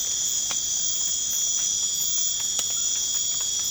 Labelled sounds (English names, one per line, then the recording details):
none
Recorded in pastures near Puerto Asís, Putumayo, Colombia, on 12 March 2025 at 00:30
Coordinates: 0.502, -76.324
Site GP07